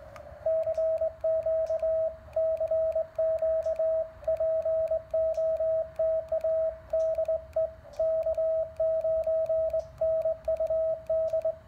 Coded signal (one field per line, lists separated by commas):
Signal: Morse code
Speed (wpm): 20 wpm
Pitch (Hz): 640 Hz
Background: radio noise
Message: CQ CQ POTA DE K9NUD